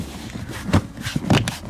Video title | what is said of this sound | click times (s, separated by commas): Toyota Corolla Fielder Where to find the 12V battery | hear them all clicking in okay | 1.3 s, 1.5 s